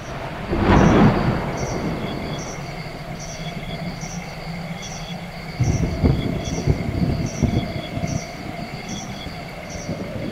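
A thunderstorm: a sharp thunderclap breaks out early, then a second loud stretch of deep rolling rumble follows, over a steady hiss with a faint, regularly pulsing high chirp.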